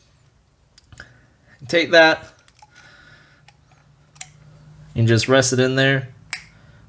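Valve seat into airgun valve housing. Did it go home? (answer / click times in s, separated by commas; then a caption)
yes / 6.3 s. A new valve seat is rested in the valve housing of an FX Crown MKI/MKII airgun during an o-ring reseal, and it is pressed in while someone talks. A sharp pop at 6.3 s shows the valve seat popping into place, meaning the o-ring is fully seated and the seat is secure.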